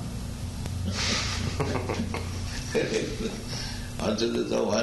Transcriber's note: laughter